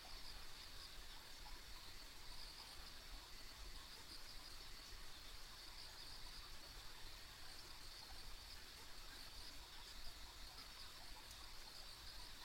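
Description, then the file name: Insects keep up a continuous high-pitched buzzing chorus, evenly sustained for the whole stretch, with low background rumble throughout. Ambient insect sounds recorded on a rural country road. "田舎道の虫の環境音"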